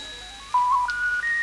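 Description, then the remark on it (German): A telephone tone sounds alone: three steady electronic beeps, each a step higher in pitch than the one before, moderately loud with no talking. “Wahrscheinlich ein Anruf.”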